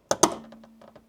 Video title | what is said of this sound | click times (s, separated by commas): Sinocare i3 Unboxing and First use, is it a good alternative budget CGM for Type 2 diabetic patient? | until you hear the big click, and then you have to unlock it. | 0.1 s, 0.2 s